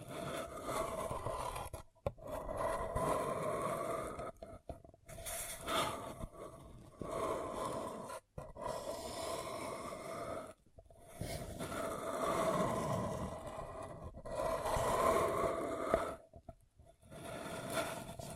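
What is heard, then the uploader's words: Crinkly scraping and rubbing on a paper cup comes in bursts of several seconds, broken by short silent pauses, with occasional brighter scratches. ASMR Deeply Relaxing Paper Cup Tingles 1 Hr (No Talking).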